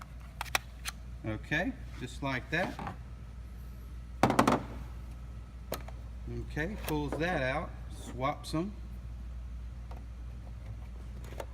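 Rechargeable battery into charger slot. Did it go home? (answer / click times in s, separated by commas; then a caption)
no / none. A staff member swaps the rechargeable battery of a wireless microphone, handling it toward the charger's charging slot while someone talks over a low steady hum. Short sharp handling clacks are heard around 0.4 s, 0.6 s, 4.2–4.5 s and 5.7 s. The battery has not yet snapped into the charger slot, and nothing has seated by the end of the clip.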